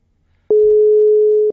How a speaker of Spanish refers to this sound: Ahí está sonando el teléfono, pero...